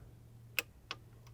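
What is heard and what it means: A torque wrench tightens a 17mm alternator nut to 13 Nm on a 2001-2006 BMW E46 M3, and a sharp click at 0.6 s marks the wrench reaching its setting. A second, quieter tick follows at 0.9 s and a faint one near 1.3 s, over a steady low hum.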